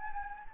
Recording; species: mosquito wingbeat signal from an infrared sensor; Anopheles gambiae